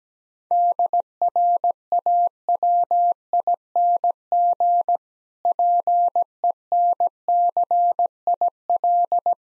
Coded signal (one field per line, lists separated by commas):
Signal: Morse code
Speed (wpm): 17 wpm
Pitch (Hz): 700 Hz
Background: none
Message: DRAWING PENCIL